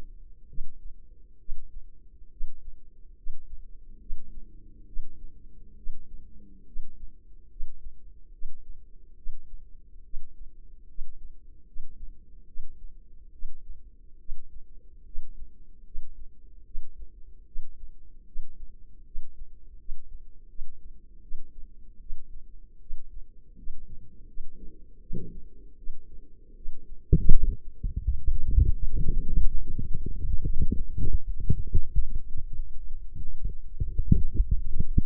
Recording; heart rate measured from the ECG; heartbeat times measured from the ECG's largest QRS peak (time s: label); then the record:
heart sounds by microphone in the left ear; 75 bpm
0.46 s: heartbeat
1.37 s: heartbeat
2.28 s: heartbeat
3.14 s: heartbeat
3.97 s: heartbeat
4.84 s: heartbeat
5.74 s: heartbeat
6.63 s: heartbeat
7.47 s: heartbeat
8.30 s: heartbeat
9.14 s: heartbeat
10.01 s: heartbeat
10.85 s: heartbeat
11.63 s: heartbeat
12.44 s: heartbeat
13.30 s: heartbeat
14.17 s: heartbeat
15.03 s: heartbeat
15.82 s: heartbeat
16.63 s: heartbeat
17.44 s: heartbeat
18.24 s: heartbeat
19.02 s: heartbeat
19.76 s: heartbeat
20.46 s: heartbeat
21.19 s: heartbeat
21.98 s: heartbeat
22.78 s: heartbeat
23.54 s: heartbeat
24.25 s: heartbeat
24.99 s: heartbeat
25.75 s: heartbeat
26.53 s: heartbeat
27.29 s: heartbeat
28.00 s: heartbeat
28.73 s: heartbeat
29.46 s: heartbeat
30.21 s: heartbeat
30.93 s: heartbeat
31.64 s: heartbeat
32.39 s: heartbeat
33.17 s: heartbeat
33.92 s: heartbeat
34.66 s: heartbeat
From the record:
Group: healthy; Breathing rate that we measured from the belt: 15 breaths a minute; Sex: female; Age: 24 years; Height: 163 cm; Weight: 55.7 kg